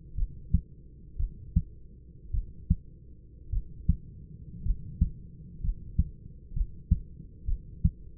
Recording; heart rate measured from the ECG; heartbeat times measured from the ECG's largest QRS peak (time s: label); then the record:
heart sounds by stethoscope; 58 bpm
0.15 s: heartbeat
1.17 s: heartbeat
2.32 s: heartbeat
3.50 s: heartbeat
4.63 s: heartbeat
5.61 s: heartbeat
6.54 s: heartbeat
7.46 s: heartbeat
From the record:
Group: healthy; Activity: rest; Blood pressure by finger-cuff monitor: 116/56 mmHg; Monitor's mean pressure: 76 mmHg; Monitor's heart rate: 59 bpm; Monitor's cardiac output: 5.7 L/min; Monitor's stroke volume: 100 mL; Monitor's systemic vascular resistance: 970 dyn s/cm5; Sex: male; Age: 25 years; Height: 170 cm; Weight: 70.4 kg